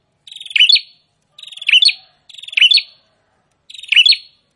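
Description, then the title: Prinia song of four buzzy ticking phrases, each ending in a sharp bright note, spaced about a second apart. Prinia singing continuously (prenjak gacor), presented to make listeners' own prinias more aggressive and vocal. "Prenjak gacor ISTIMEWA bikin prenjak ANDA semakin GANAS dan GACOR"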